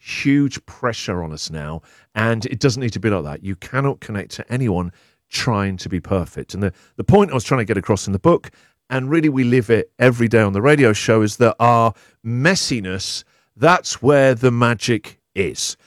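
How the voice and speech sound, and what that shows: Adult male speaker in typical, fluent conversational speech with a moderate pitch range and natural pauses.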